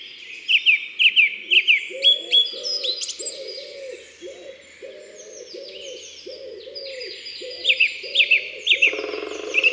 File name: Pigeon ramier Concerts Naturels de la Drome Studio les Trois Becs